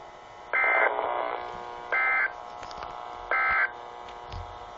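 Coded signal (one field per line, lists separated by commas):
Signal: Emergency Alert System (SAME) tones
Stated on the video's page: Severe thunderstorm warning tones from NOAA Weather Radio station in Rock Island, Illinois, received via a stream running about a minute delayed.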